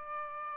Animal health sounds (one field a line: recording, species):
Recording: mosquito wingbeat signal from an infrared sensor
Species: Aedes albopictus